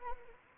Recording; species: mosquito wingbeat signal from an infrared sensor; Anopheles arabiensis